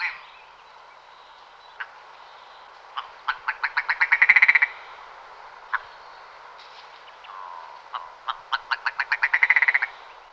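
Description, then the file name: Willow ptarmigan calling, a series of loud, rapidly accelerating croaking notes that build into a stuttering rattle, given twice, with a few isolated single notes between bursts. "bělokur rousný"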